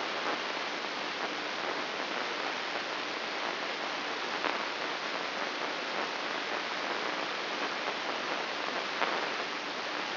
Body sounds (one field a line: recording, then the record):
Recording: brain microelectrode recording played as sound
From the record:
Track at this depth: outside the subthalamic nucleus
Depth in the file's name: 7.26 mm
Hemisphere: left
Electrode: 3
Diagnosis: Parkinson's disease